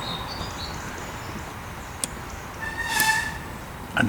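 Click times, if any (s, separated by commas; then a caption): 4.0 s. A wiring connector is pushed back into the replacement part that was broken in the glow plug system of a Mk4 Ford Focus 1.5 TDCi diesel, during a repair for glow plug fault codes P06DF and P0670. Over low background noise there is a sharp hit at 2.0 s, a brief whistling tonal sound around 3.0 s, and then the connector clicks into place at 4.0 s, confirming it is seated.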